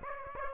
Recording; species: mosquito wingbeat signal from an infrared sensor; Aedes aegypti